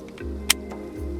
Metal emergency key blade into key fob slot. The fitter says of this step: and clicks in the